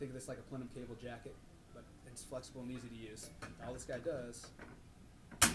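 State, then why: Seated. A flexible, flame-rated polymer sidewall panel is pushed onto a cable tray frame while someone talks. A sharp click sounds at 5.4 seconds as the sidewall snaps into place and is seated.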